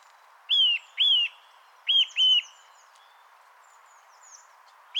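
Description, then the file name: Eurasian nuthatch calls: four loud whistled notes, each rising then dropping, in two pairs, with fainter high notes later and steady background hiss. "Sitta europaea"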